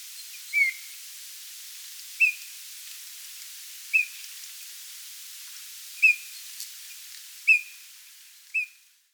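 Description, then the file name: Eurasian bullfinch giving brief, soft piping whistles, six short notes spaced roughly one to two seconds apart against quiet hiss. "Pyrrhula pyrrhula"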